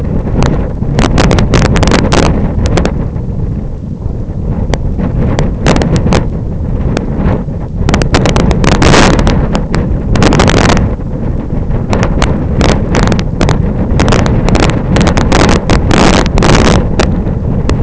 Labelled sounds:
none
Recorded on Arctic tundra, site IGLO-F, on 26 June 2018
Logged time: 08:00

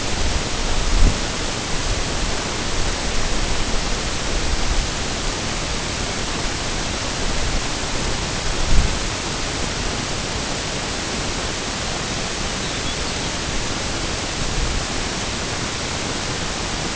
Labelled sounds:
Lapland Longspur (Calcarius lapponicus)
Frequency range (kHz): Lapland Longspur (Calcarius lapponicus) 2.6-5.2 kHz
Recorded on Arctic tundra, site NAIT-1, on 22 June 2018
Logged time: 15:00

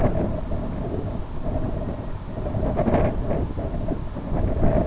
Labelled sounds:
none
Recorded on Arctic tundra, site IGLO-B, on 24 June 2018
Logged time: 01:59

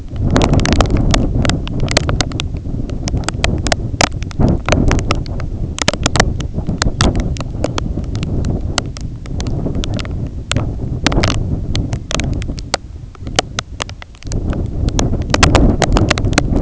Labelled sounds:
Lapland Longspur (Calcarius lapponicus), unidentified sound
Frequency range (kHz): Lapland Longspur (Calcarius lapponicus) 3.1-6.1 kHz
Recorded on Arctic tundra, site IGLO-A, on 20 June 2018
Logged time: 21:59

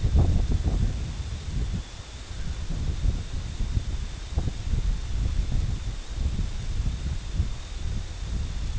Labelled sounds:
Red-throated Loon (Gavia stellata)
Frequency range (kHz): Red-throated Loon (Gavia stellata) 0.8-2.2 kHz
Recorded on Arctic tundra, site IGLO-D, on 24 June 2018
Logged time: 10:00

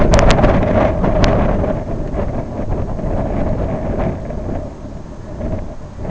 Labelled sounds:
none
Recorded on Arctic tundra, site IGLO-B, on 25 June 2018
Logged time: 19:59

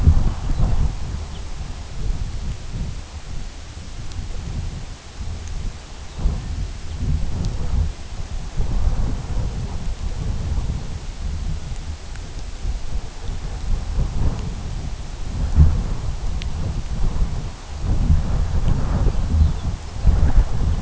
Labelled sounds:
Lapland Longspur (Calcarius lapponicus), unidentified sound
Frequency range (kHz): Lapland Longspur (Calcarius lapponicus) 2.5-5.7 kHz
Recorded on Arctic tundra, site UTQI-2, on 17 June 2019
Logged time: 08:00

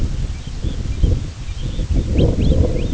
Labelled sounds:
Red Phalarope (Phalaropus fulicarius), American Golden-plover (Pluvialis dominica)
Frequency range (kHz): Red Phalarope (Phalaropus fulicarius) 2.5-4.0 kHz
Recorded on Arctic tundra, site IGLO-A, on 16 June 2018
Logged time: 13:59

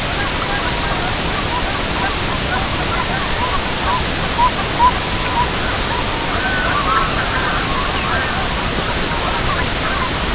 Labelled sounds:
unidentified sound, Red-throated Loon (Gavia stellata)
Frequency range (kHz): Red-throated Loon (Gavia stellata) 0.8-2.0 kHz
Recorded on Arctic tundra, site EABA-MC, on 22 June 2019
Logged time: 08:00

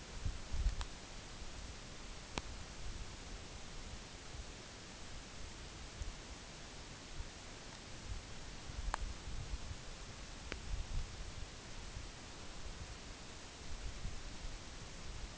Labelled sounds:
none
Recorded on Arctic tundra, site NAIT-1, on 24 June 2019
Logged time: 14:00

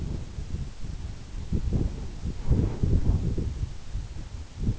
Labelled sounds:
none
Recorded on Arctic tundra, site EABA-1, on 26 June 2018
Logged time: 00:00

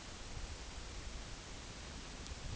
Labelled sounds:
none
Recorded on Arctic tundra, site UTQI-8, on 8 June 2019
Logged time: 02:00

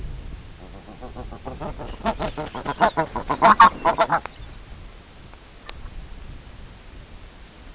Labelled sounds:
King Eider (Somateria spectabilis), Lapland Longspur (Calcarius lapponicus), Brent Goose (Branta bernicla)
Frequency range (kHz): Lapland Longspur (Calcarius lapponicus) 2.4-6.1 kHz; Brent Goose (Branta bernicla) 0.1-2.5 kHz
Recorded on Arctic tundra, site CORI-1, on 18 June 2018
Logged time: 22:00

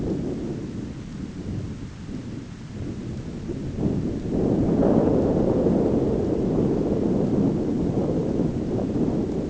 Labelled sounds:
none
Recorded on Arctic tundra, site ZACK-1, on 15 June 2019
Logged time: 19:49

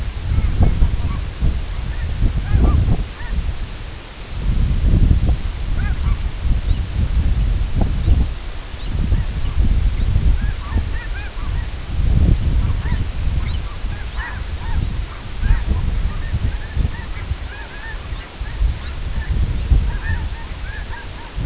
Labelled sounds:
unidentified sound, American Golden-plover (Pluvialis dominica)
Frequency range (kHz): American Golden-plover (Pluvialis dominica) 1.5-4.8 kHz
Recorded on Arctic tundra, site IGLO-D, on 24 June 2018
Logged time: 10:00

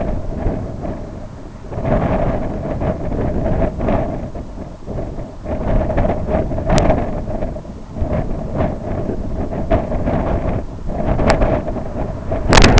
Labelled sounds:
none
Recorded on Arctic tundra, site IGLO-B, on 24 June 2018
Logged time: 01:59

